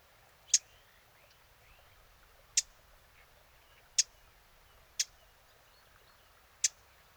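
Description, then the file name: Eurasian blackcap giving five hard, isolated tack clicks at uneven intervals against a quiet background. "Sylvia atricapilla"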